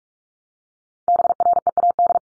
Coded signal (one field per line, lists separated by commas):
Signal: Morse code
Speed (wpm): 44 wpm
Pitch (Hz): 700 Hz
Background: none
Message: BREAD